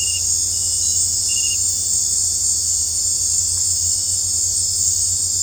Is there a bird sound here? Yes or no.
no